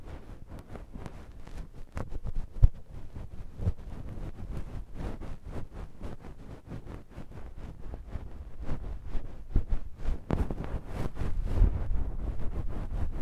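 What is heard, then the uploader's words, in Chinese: Ear massage on the left side: continuous low, muffled rubbing with a thick rumble and quick, irregular crackles and taps throughout. A sharp thump lands near 2.7 seconds, and the rubbing grows denser and louder from about 10 to 12 seconds. 耳內按摩 ( 左 )。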